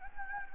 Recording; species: mosquito wingbeat signal from an infrared sensor; Anopheles gambiae